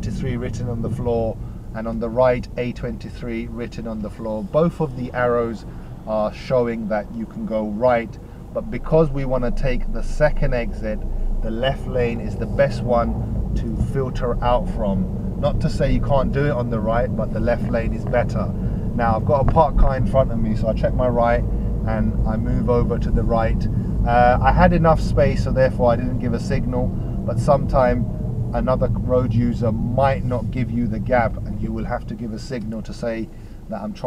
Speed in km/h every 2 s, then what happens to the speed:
3, 2, 0, 0, 3, 15, 18, 21, 24, 24, 27, 26, 23, 18, 11, 3, 0.
2-7 standing. 7-19 pulls away to 27. 19-31 slows to 0. 31-34 standing.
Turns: none.